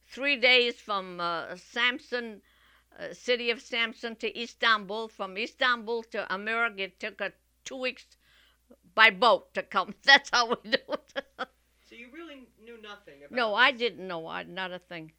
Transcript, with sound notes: three days, from Sampson, city of Sampson, to Istanbul, from Istanbul to America it took us two weeks by boat to come. That's how we knew it. ( she laughs )
So you really knew nothing about...
No, I didn't know, not a thing.